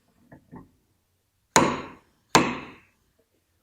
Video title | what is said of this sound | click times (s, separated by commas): Tekton 1/2 inch Drive Torque Wrench Demo | when the desired torque setting is reached you will hear a click | 1.6 s, 2.3 s